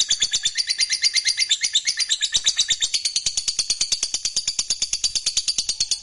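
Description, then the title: Lovebird song: an unbroken shrill chatter of buzzy squeaks in quick pulses. "Suara Lovebird Ini"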